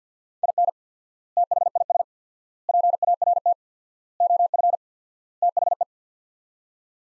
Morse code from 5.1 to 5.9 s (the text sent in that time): THE